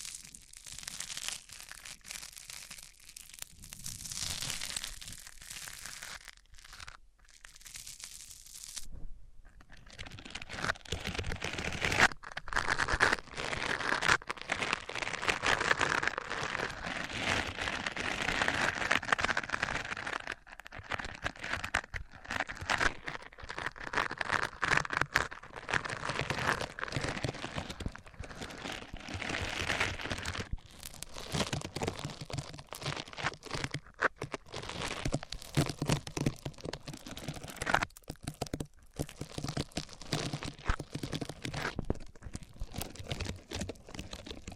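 Microphones rubbed across surfaces make dense scratchy crackling and crinkling throughout, sparse and brighter at first, then heavier and continuous after about nine seconds.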